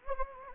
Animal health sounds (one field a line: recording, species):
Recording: mosquito wingbeat signal from an infrared sensor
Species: Anopheles gambiae